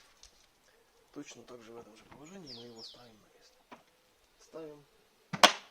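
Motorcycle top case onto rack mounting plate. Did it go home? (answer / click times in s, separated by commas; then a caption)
yes / 5.3 s. Someone talks while a plastic GIVI Maxia 52L motorcycle top case is set back onto its rack mounting plate in the same position and pushed down until it latches. A sharp, loud snap is heard at 5.3 s as the case seats onto the base plate.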